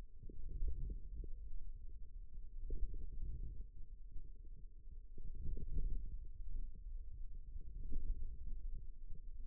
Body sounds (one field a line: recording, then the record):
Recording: forearm muscle sounds (acoustic myography)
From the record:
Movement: radial deviation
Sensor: system 2, bracelet of six BSWA MPA416 microphones around the upper forearm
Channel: 3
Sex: male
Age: 22 years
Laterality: right